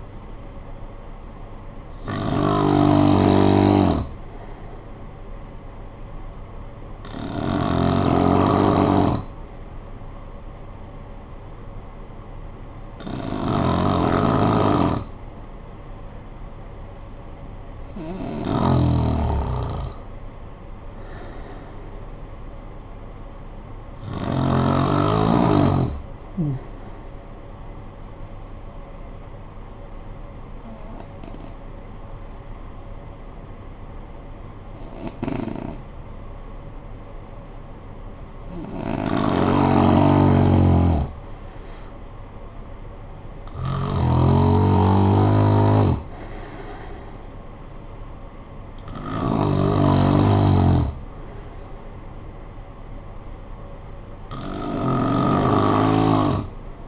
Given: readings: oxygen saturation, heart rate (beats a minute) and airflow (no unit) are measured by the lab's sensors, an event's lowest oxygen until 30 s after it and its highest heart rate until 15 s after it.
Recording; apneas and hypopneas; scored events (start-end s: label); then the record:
breathing in sleep by a smartphone at the bedside; 1
27.00-40.00 s: hypopnea (N2, oxygen 94% highest, then 89% lowest, heart rate 53 at the start, 61 highest)
From the record:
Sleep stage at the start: N2 (light sleep); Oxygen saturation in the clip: 91 to 96%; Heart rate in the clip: 49 to 64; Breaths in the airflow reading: 11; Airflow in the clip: -14.1 to 6.4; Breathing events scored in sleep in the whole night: 445 in 7.6 hours asleep